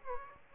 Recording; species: mosquito wingbeat signal from an infrared sensor; Aedes aegypti